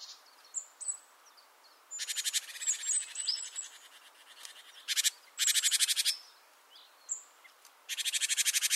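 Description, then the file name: Great tit churring calls: harsh buzzy rattles repeated several times, with thin high whistles and soft chips scattered between them. "Parus major"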